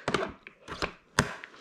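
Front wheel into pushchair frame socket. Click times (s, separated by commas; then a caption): 1.2 s. A front wheel is pushed into a pushchair frame socket and turned around, giving a few knocking thuds and scraping rattles. It clicks into the frame at 1.2 s with a sharp, loud snap, and is seated.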